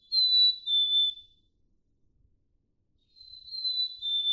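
Black-capped chickadee song: two clear whistled notes, the first higher and the second slightly lower, given twice with a pause of about two seconds between.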